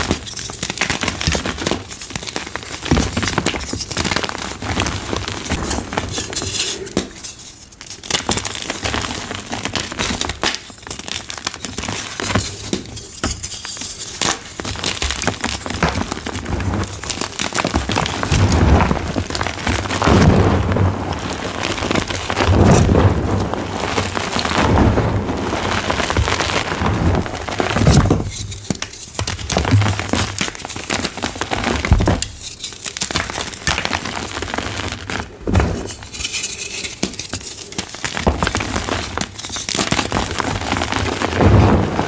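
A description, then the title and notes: Dyed gym chalk is crushed in a fast, nearly continuous stream of crisp, crumbly crackling, full from low thumps to bright grit. Brief near-silent gaps fall around 7, 13, 28 and 36 seconds before the crushing resumes just as dense. 25+ Deep Blue Dyed Chalk Blocks Fast Crushing, Loud ASMR Sounds. Loud, fast asmr oddly satisfying crispy dyed gym chalk crushing sounds.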